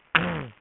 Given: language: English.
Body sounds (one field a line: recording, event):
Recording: throat vibration sensor signal played as sound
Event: throat clearing